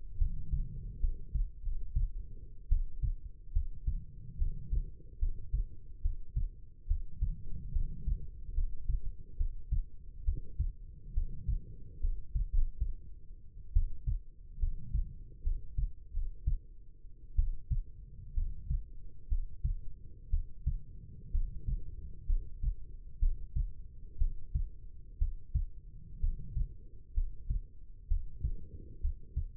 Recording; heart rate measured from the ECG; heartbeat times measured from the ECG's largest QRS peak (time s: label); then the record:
heart sounds by stethoscope; 67 bpm
0.18 s: heartbeat
1.00 s: heartbeat
1.62 s: heartbeat
2.68 s: heartbeat
3.52 s: heartbeat
4.37 s: heartbeat
5.19 s: heartbeat
6.01 s: heartbeat
6.87 s: heartbeat
7.72 s: heartbeat
8.54 s: heartbeat
9.37 s: heartbeat
10.24 s: heartbeat
11.13 s: heartbeat
12.00 s: heartbeat
12.52 s: heartbeat
13.73 s: heartbeat
14.59 s: heartbeat
15.43 s: heartbeat
16.12 s: heartbeat
17.35 s: heartbeat
18.34 s: heartbeat
19.28 s: heartbeat
20.30 s: heartbeat
21.31 s: heartbeat
22.26 s: heartbeat
23.19 s: heartbeat
24.18 s: heartbeat
25.18 s: heartbeat
26.20 s: heartbeat
27.13 s: heartbeat
28.07 s: heartbeat
29.00 s: heartbeat
From the record:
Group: healthy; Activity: cold pressor test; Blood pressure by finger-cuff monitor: 105/69 mmHg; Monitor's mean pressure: 79 mmHg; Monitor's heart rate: 69 bpm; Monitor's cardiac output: 5.4 L/min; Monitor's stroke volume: 77 mL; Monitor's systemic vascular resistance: 1030 dyn s/cm5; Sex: female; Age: 22 years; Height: 171 cm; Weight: 65.6 kg